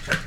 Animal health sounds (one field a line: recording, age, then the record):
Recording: pig call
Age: piglet (1 to 25 days)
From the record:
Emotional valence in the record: positive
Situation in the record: reunion after long isolation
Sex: male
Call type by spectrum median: low-frequency call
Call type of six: low-frequency tonal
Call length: 0.27 s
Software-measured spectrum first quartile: 260 Hz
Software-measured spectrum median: 1321 Hz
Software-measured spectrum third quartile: 2006 Hz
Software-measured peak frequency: 1550 Hz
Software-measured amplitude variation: 163 dB a second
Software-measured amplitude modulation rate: 25.9 a second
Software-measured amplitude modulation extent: 6.3 dB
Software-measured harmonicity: 2.3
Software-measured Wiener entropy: -1.46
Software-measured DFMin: 703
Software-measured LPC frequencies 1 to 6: 422, 1526, 2662, 3278, 4222, 5195 Hz